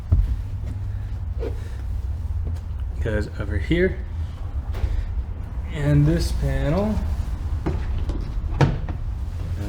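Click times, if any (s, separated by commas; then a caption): 8.6 s. Someone talks while a plastic trunk floor panel on an LC 500 is pressed back into place during an exhaust valve controller install. At 8.6 s the panel's trim clips snap into the body with a sharp click, the two expected clicks landing together as one, and the panel is seated.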